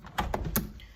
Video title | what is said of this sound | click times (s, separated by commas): Truth Casement window crank arm replacement. | There it is, locked. | 0.6 s